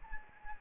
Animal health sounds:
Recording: mosquito wingbeat signal from an infrared sensor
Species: Anopheles gambiae

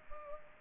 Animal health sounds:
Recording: mosquito wingbeat signal from an infrared sensor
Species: Culex pipiens

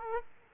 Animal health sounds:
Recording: mosquito wingbeat signal from an infrared sensor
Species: Aedes aegypti

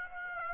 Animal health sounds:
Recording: mosquito wingbeat signal from an infrared sensor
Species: Aedes aegypti

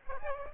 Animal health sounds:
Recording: mosquito wingbeat signal from an infrared sensor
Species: Aedes aegypti

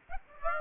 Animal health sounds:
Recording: mosquito wingbeat signal from an infrared sensor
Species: Aedes aegypti

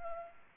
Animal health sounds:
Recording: mosquito wingbeat signal from an infrared sensor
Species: Culex pipiens

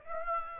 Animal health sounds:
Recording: mosquito wingbeat signal from an infrared sensor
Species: Aedes aegypti

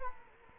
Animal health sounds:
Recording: mosquito wingbeat signal from an infrared sensor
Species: Culex quinquefasciatus

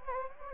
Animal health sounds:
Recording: mosquito wingbeat signal from an infrared sensor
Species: Anopheles gambiae

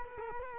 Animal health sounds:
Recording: mosquito wingbeat signal from an infrared sensor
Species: Culex quinquefasciatus

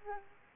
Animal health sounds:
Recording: mosquito wingbeat signal from an infrared sensor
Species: Aedes aegypti

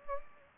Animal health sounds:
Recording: mosquito wingbeat signal from an infrared sensor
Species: Anopheles gambiae

